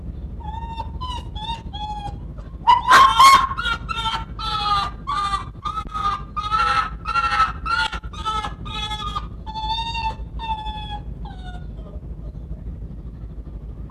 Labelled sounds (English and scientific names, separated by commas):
Arctic Fox (Vulpes lagopus)